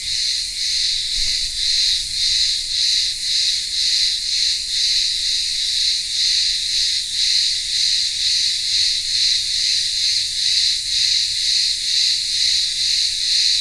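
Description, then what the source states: Shrill buzzing of cicadas, a continuous high chorus throbbing in regular pulses around two per second. Cicadas singing in the midday heat in a village town square on the remote Greek island of Ikaria.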